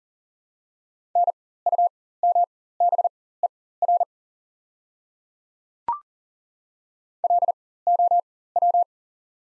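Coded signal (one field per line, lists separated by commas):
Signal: Morse code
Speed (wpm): 40 wpm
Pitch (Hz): 700 Hz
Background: none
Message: NUMBER LOW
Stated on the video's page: Practice set of top 300 words at 40 wpm with 4x character spacing (Farnsworth timing).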